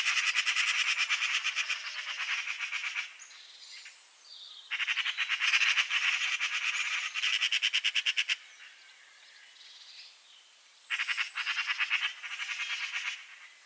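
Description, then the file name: Eurasian magpie rattling harshly in long runs of rapid, grating notes, several bursts of two to four seconds separated by quieter pauses. "Pica pica"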